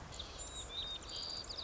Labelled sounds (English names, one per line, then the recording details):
White-crowned Sparrow
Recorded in Sonoma County, California